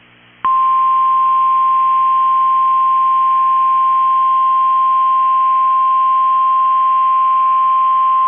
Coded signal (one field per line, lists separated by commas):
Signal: Emergency Alert System (SAME) tones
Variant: 1050 Hz attention tone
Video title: Tornado Warning for Minneapolis, MN EAS #6 3/27/25